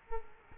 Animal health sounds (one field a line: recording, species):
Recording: mosquito wingbeat signal from an infrared sensor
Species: Culex quinquefasciatus